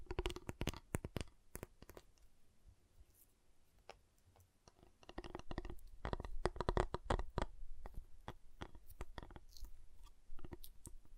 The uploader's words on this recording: Giant Chocolate Bar Tapping, Cutting, Snapping Sounds.